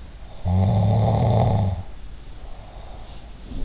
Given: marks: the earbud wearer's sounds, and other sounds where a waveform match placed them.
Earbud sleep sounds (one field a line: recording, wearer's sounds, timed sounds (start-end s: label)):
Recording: sounds in sleep by an in-ear microphone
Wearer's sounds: snoring breath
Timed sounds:
0.21-3.62 s: snoring breath
3.17-3.65 s: sound from someone else or the room